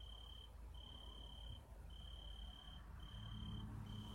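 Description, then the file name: Italian tree cricket song: even, clear trilled phrases about half a second to a second long separated by short breaks, over a low steady background hum. "Oecanthus pellucens Radzikowski Pawel"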